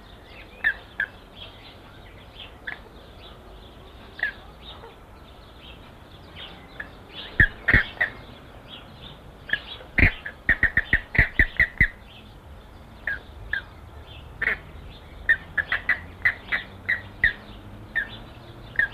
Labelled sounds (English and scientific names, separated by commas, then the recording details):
James's Flamingo (Phoenicoparrus jamesi) call
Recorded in captivity
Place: Zoo Berlin, Berlin, DE
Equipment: Halbspur, 9,5 cm/s
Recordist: Lütgens, Hans